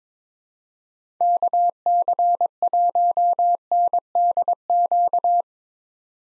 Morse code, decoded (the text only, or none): KC1NDQ